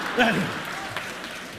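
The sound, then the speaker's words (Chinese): A steady wash of audience applause at a Chinese crosstalk (xiangsheng) comedy performance, a dense crackle of many hands clapping at an even level, with a man's voice briefly speaking over it near the start. “您先别着急鼓掌，这都不算什么，人家倒头最拿手的是把这个意大利我的太阳用河北梆子给唱出来。”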